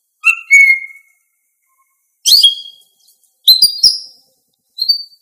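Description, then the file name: Greater green leafbird calls: four separate bursts of clear whistles and sharp chirps, one note sliding downward, with silent gaps between them. Female bird. "cucak ijo betina"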